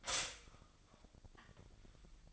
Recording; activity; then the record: daily activity, microphone in the room; stop toaster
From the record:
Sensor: 5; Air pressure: 1002.1 hPa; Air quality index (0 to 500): 207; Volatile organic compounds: 20 ppm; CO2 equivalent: 2682 ppm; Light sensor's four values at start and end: 33/108/41/44 and 33/108/41/44